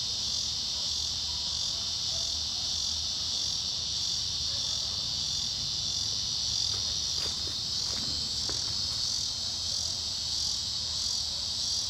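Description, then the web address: Cicada song: a loud, continuous, steady buzzing drone without breaks, with low rumbling background noise and a few faint clicks. "Cicada Tmarginalis"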